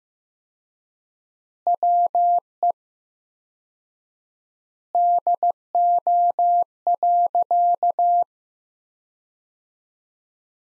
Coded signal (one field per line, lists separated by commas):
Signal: Morse code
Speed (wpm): 15 wpm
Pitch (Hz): 700 Hz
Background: none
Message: WE DO.